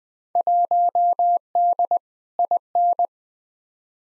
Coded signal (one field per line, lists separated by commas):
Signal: Morse code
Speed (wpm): 20 wpm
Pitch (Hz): 700 Hz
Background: none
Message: 1D IN